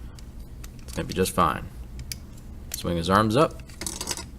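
Someone talks while handling a plastic transforming robot figure, a knock-off Transformers Masterpiece Red Alert, swinging its arms up during transformation, with small plastic taps and ticks heard between the words. The arm joint has not clicked into place yet; nothing has seated by the end of the clip.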